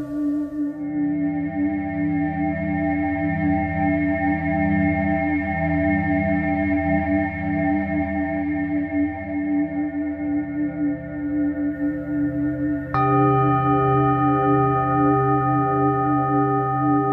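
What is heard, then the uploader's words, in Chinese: A singing bowl rings with a steady, sustained tone, its low hum pulsing and wavering slowly beneath clear, ringing upper tones. Near the thirteen-second mark a fresh strike adds a sharp attack and brightens the ring, which then carries on evenly to the end. 肠及DNA频率281-528Hz丨颂钵。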